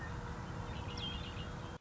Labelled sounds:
Red-winged Blackbird
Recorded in Sonoma County, California

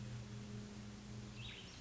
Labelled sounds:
Cassin's Vireo
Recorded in Sonoma County, California

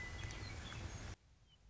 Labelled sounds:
Western Meadowlark
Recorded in Sonoma County, California

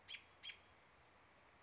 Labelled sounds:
American Robin
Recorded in Sonoma County, California

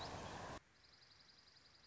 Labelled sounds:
Dark-eyed Junco
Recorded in Sonoma County, California

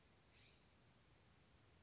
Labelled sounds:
California Scrub-Jay
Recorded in Sonoma County, California

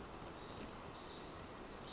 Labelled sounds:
Pacific Wren
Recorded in Sonoma County, California

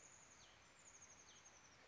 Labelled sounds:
Chestnut-backed Chickadee
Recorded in Sonoma County, California

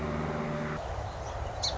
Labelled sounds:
Song Sparrow
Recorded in Sonoma County, California

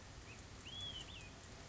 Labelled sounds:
Olive-sided Flycatcher
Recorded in Sonoma County, California

